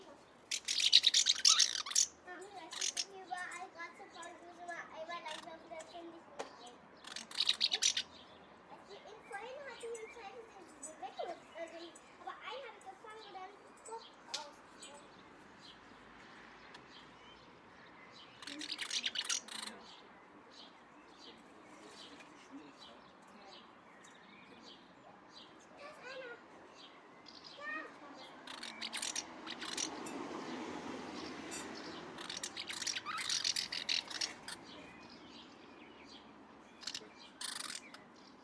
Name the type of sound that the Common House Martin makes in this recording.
call